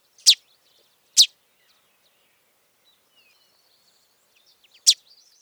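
Chestnut-sided warbler giving sharp, high chip notes: two close together near the start, then a third after a pause of several seconds, with faint high twittering between.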